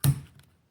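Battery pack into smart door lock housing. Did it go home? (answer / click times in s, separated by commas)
yes / 0.0 s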